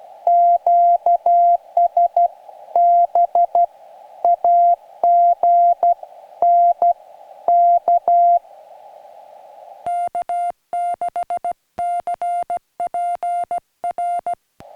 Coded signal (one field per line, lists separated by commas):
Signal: Morse code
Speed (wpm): 15 wpm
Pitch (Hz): 690 Hz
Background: music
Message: QSB AGN K K6CP R